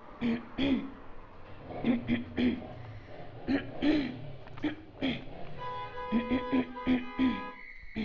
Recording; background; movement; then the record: throat clearing; traffic; walking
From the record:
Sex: female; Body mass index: 22.6 kg/m2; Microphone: on the chest, facing outward